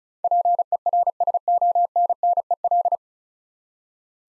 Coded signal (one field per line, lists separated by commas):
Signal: Morse code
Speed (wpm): 34 wpm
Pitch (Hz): 700 Hz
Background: none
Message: PERSONNEL